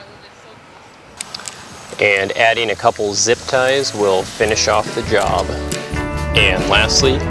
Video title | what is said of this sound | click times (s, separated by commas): How to Replace the Brake Pressure Switch (Cruise Control Not Working) - 2001 Ford F150 - (1997-2003) | we can then connect it until it snaps in place | 1.2 s, 1.3 s, 1.5 s